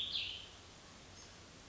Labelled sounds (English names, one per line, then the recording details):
Cassin's Vireo
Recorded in Sonoma County, California